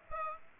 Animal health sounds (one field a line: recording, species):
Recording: mosquito wingbeat signal from an infrared sensor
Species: Aedes aegypti